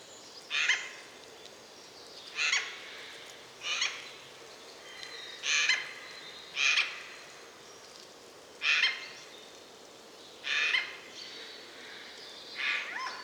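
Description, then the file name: Eurasian jay giving a long series of harsh, grating screeches, about eight calls spaced one to two seconds apart at irregular intervals. "Garrulus glandarius"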